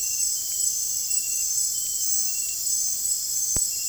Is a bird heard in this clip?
no